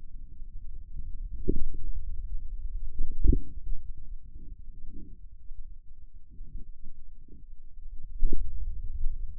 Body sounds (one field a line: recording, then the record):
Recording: forearm muscle sounds (acoustic myography)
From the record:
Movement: inward rotation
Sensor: system 2, bracelet of six BSWA MPA416 microphones around the upper forearm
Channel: 3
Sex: male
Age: 22 years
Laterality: right